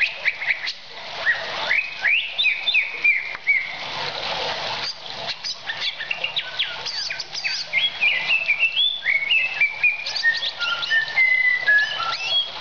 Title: Kicau Kacer